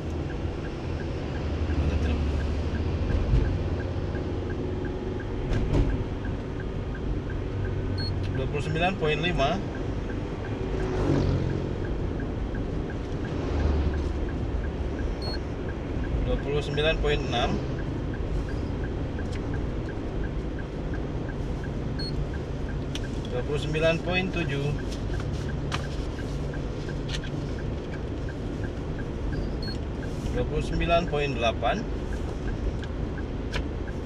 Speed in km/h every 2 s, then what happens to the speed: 50, 50, 50, 50, 50, 49, 50, 50, 51, 51, 51, 51, 51, 51, 51, 52, 52.
0-34 steady at about 51.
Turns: none.